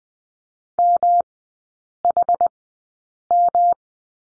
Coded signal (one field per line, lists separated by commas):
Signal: Morse code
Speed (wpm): 20 wpm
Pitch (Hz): 700 Hz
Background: none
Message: MHM